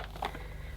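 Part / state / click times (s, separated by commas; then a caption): washable filter into robot vacuum cleaner / seated / 0.2 s. A washed filter is pushed back into a Dyson 360 Eye robotic vacuum cleaner body. A short, sharp click at 0.3 s shows the filter seating in place. No words are spoken in this clip.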